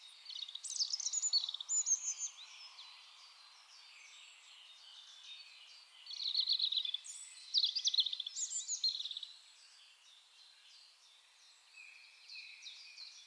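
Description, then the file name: European robin singing high, thin warbling phrases of quick trills and twitters, separated by pauses of a few seconds, over a faint background hiss. "Erithacus rubecula"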